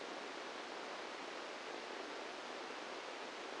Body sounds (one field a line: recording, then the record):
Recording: brain microelectrode recording played as sound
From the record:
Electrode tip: inside the subthalamic nucleus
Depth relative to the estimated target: -4 mm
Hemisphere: right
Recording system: NeuroSet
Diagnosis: Parkinson's disease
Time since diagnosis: 17 years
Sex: male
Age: 64 years